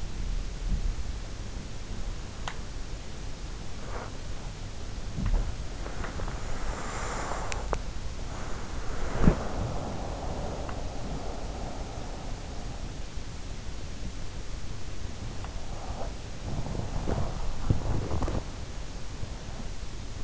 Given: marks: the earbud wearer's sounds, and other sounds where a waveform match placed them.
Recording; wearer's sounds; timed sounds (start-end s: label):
sounds in sleep by an in-ear microphone; body movement
0.00-20.24 s: body movement